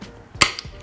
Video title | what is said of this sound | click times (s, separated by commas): EMOVE Cruiser V2 Electric Scooter - Full Review | wait for the click | 0.4 s